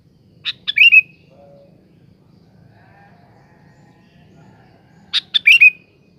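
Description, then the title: Sooty-headed bulbul singing two brisk chirpy phrases a few seconds apart, each closing on a brief whistled note; faint lower calls and soft rumble between them. "Kutilang"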